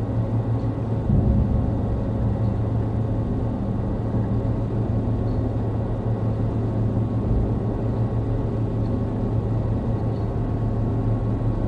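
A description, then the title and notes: Very low mechanical noise drones steadily throughout, with a few pronounced low tones humming inside it and a brief thicker surge near one second. Base is a Mixtikl patch generating very low frequency mechanical noise, some harmonics accentuated.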